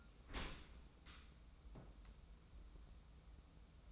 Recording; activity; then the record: daily activity, microphone in the room; open dishwasher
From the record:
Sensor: 1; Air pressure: 994.4 hPa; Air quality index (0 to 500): 218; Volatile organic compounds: 1000 ppm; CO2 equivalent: 7860 ppm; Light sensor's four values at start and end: 156/358/161/179 and 156/358/160/179